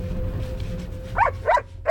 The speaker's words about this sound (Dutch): Dat is de waakhond, hè? Ja, als hij met de golfkar door de boom gaat gaan, dan wordt hij helemaal enthousiast. Dan gaat hij weer hard blaffen en meerennen.